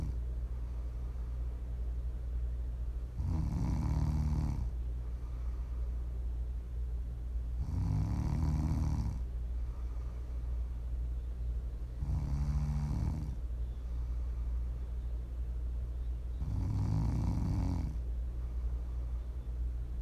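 Four low, rumbling snores from a sleeping adult come at a slow, even pace of about 14 per minute, each lasting over a second, with quiet breathing between them over a steady low hum. This is ordinary sleep snoring.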